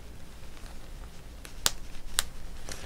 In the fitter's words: You can hear it snapping as it goes down.